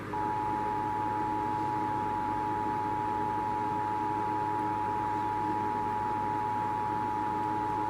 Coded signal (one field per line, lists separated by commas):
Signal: Emergency Alert System (SAME) tones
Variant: 853 and 960 Hz attention tone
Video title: 4-15-18 Denver Required Monthly Test (EAS #46)